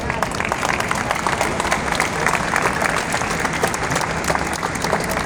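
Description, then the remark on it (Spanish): An audience applauds steadily, a dense wash of many hands clapping at an even, sustained loudness for several seconds with no voices standing out. The applause is for government authorities and civil organization representatives present at a Consumer Day event in San Juan. “así como otras autoridades del gobierno y representantes de organizaciones civiles aquí presentes, a quienes les brindamos un aplauso por estar aquí.”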